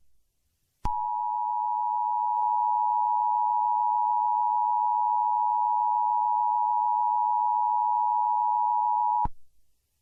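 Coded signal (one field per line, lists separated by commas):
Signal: Emergency Alert System (SAME) tones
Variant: 853 and 960 Hz attention tone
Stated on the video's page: Fictional EAS scenario made with CapCut, Audacity and text-to-speech software.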